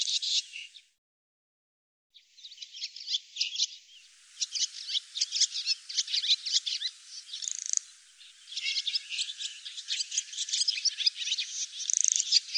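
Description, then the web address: Barn swallow twittering that starts, stops for about a second, then returns as a long run of rapid chirps and squeaky notes. "cianscape birddata Deverinetal 2025"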